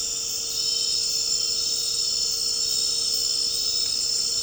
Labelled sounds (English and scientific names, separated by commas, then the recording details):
none
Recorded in dense forest near Puerto Asís, Putumayo, Colombia, on 9 March 2025 at 20:00
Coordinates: 0.467, -76.328
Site G041